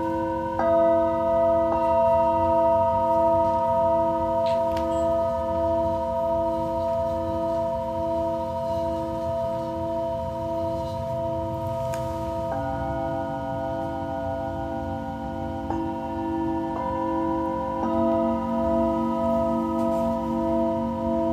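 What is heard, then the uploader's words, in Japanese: Tibetan singing bowls ring in long, sustained tones that overlap and hum steadily throughout. New strikes add fresh pitches near the start, around 12 seconds and again near 16 and 18 seconds, with a slow wavering pulse in the tones and a low rumble underneath. 深夜のシンギングボウルのサウンドヒーリング。チベタンシンギングボウル。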